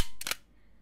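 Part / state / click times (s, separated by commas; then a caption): slide of a brick-built toy handgun cocking into its catch / seated / 0.2 s, 0.3 s. The slide of a working plastic building-brick toy handgun is pulled back to load and cock it, giving sharp plastic clicks at 0.2 s and 0.3 s, followed by a faint tick near 0.8 s. The slide clicks into its catch, and the gun is cocked.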